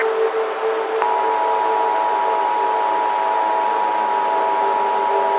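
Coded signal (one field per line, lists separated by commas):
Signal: Emergency Alert System (SAME) tones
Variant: 853 and 960 Hz attention tone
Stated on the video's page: Fictional EAS scenario, a horror recreation made with software, containing valid EAS tones.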